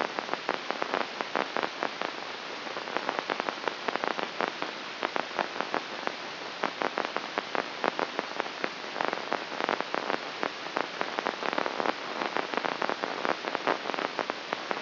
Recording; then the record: brain microelectrode recording played as sound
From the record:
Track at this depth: inside the subthalamic nucleus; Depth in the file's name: 1.75 mm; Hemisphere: right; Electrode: 2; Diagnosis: Parkinson's disease